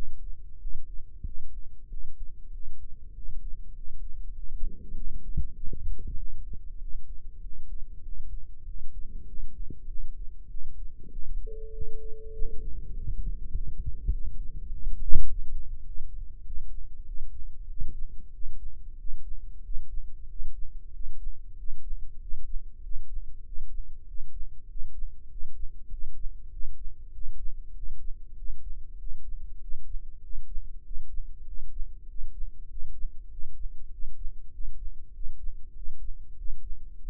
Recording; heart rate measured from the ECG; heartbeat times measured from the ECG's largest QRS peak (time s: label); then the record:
heart sounds by microphone in the left ear; 97 bpm
0.57 s: heartbeat
1.22 s: heartbeat
1.86 s: heartbeat
2.49 s: heartbeat
3.11 s: heartbeat
3.72 s: heartbeat
4.32 s: heartbeat
4.92 s: heartbeat
5.53 s: heartbeat
6.15 s: heartbeat
6.77 s: heartbeat
7.40 s: heartbeat
8.01 s: heartbeat
8.63 s: heartbeat
9.24 s: heartbeat
9.85 s: heartbeat
10.47 s: heartbeat
11.09 s: heartbeat
11.70 s: heartbeat
12.32 s: heartbeat
12.92 s: heartbeat
13.51 s: heartbeat
14.09 s: heartbeat
14.67 s: heartbeat
15.24 s: heartbeat
15.82 s: heartbeat
16.42 s: heartbeat
17.03 s: heartbeat
17.66 s: heartbeat
18.30 s: heartbeat
18.95 s: heartbeat
19.61 s: heartbeat
20.26 s: heartbeat
20.90 s: heartbeat
21.55 s: heartbeat
22.18 s: heartbeat
22.80 s: heartbeat
23.42 s: heartbeat
24.04 s: heartbeat
24.66 s: heartbeat
25.27 s: heartbeat
25.88 s: heartbeat
26.49 s: heartbeat
27.10 s: heartbeat
27.72 s: heartbeat
28.34 s: heartbeat
28.96 s: heartbeat
29.58 s: heartbeat
30.20 s: heartbeat
30.82 s: heartbeat
31.44 s: heartbeat
32.05 s: heartbeat
32.67 s: heartbeat
33.28 s: heartbeat
33.89 s: heartbeat
34.50 s: heartbeat
35.11 s: heartbeat
35.73 s: heartbeat
36.35 s: heartbeat
36.97 s: heartbeat
From the record:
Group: healthy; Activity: rest 0-13 s, breath hold 13-37 s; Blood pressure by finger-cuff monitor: 99/69 mmHg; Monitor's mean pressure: 78 mmHg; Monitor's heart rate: 97 bpm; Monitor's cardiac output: 7.5 L/min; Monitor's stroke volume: 77 mL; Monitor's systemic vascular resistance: 760 dyn s/cm5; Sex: male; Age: 19 years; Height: 178 cm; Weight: 83 kg